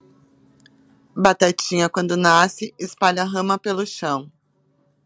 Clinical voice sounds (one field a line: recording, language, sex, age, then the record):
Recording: short text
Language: Brazilian Portuguese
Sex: female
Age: 50 to 59 years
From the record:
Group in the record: control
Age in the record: 54 years